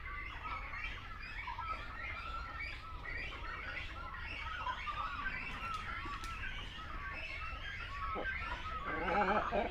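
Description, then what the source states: Busy great cormorant colony with many overlapping harsh calls and squeals, ending with a louder, deep, gargling croak near the close. Continental great cormorant at a colony.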